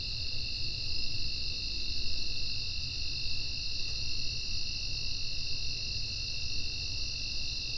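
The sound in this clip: Insect chorus of two constant shrill tones, one high and one a little lower, unbroken throughout, over a deep rumble.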